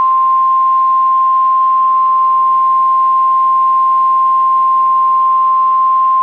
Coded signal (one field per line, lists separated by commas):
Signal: Emergency Alert System (SAME) tones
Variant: 1050 Hz attention tone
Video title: Eas FFW on KEC55 Eas#1377